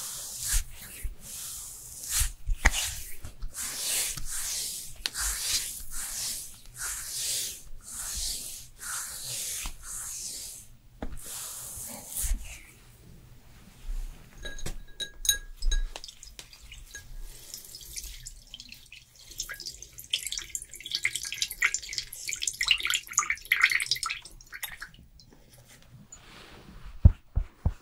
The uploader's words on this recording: ASMR Korean Special Skincare Routine for Winter (No Talking).